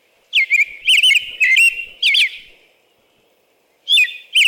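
American robin singing short caroling phrases of slurred whistles in a burst, then a pause of about a second and a half before two more phrases.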